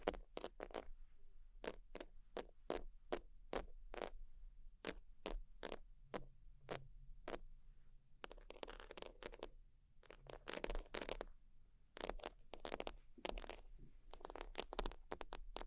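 Sheets are scratched and tapped in a run of short, sharp strikes, roughly two or three per second at first and fairly regular. From about eight seconds the hits bunch into denser, rougher scratching bursts, then thin out again. A low steady hum runs underneath throughout.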